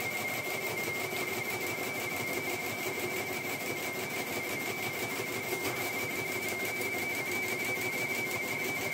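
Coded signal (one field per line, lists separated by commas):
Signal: RTTY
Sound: steady warbling two-tone chatter rapidly flipping between close high pitches, over hiss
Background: background hum and noise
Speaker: so this is the um audio streaming channels for the teletype signals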